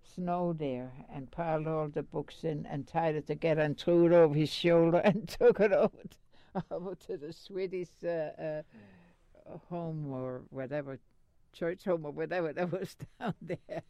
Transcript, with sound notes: snow there and piled all the books in and tied it together and threw it over his shoulder and (she laughs) took it over, over to the Swedish home or whatever, church home or whatever was down there.